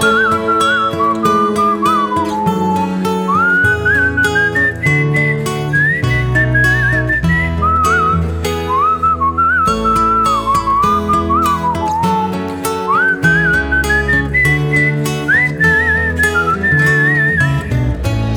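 A person whistles a lilting melody with sliding, swooping notes, carried over a steady instrumental backing with a bass line that continues throughout.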